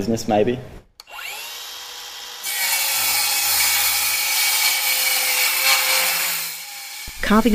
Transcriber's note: sound of a saw